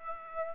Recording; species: mosquito wingbeat signal from an infrared sensor; Aedes aegypti